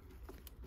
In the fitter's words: and it locks into place